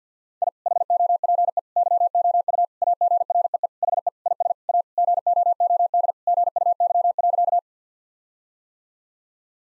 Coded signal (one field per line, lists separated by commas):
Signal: Morse code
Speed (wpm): 50 wpm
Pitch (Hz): 700 Hz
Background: none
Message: I HOPE YOU AGREE HE IS A GOOD GUY.